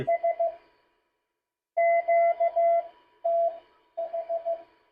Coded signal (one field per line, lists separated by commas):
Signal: Morse code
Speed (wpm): 15 wpm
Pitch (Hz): 690 Hz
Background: radio noise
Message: S QTH